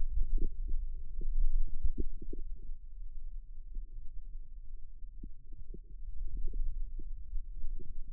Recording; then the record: forearm muscle sounds (acoustic myography)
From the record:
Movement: radial deviation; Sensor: system 2, bracelet of six BSWA MPA416 microphones around the upper forearm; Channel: 4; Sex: male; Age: 22 years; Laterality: right